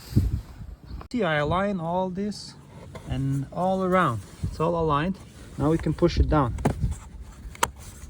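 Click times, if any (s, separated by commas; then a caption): 7.6 s. A repainted lower plastic trim piece for the front bumper cover of a 2007–2011 Toyota Camry is aligned all around and pushed down into the bumper. Someone talks through the fitting, and then its metal tabs lock with a loud click at 7.6 s, seating the piece firmly in place.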